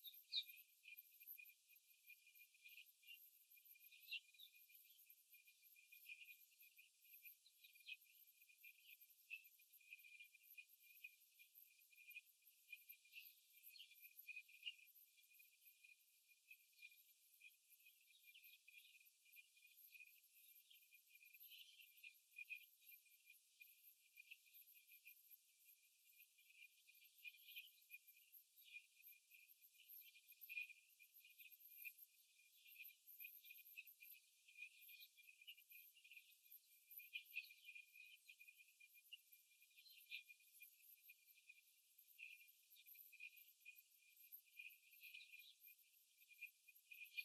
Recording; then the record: young laying hens in a cage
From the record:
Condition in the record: after the stressor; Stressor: simulated dog barking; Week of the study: 3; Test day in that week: 2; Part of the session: 3